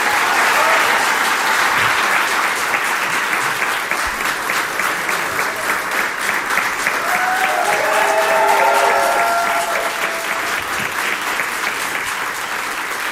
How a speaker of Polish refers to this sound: Wielkie brawa